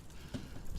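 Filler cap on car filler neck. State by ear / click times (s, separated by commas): not seated / none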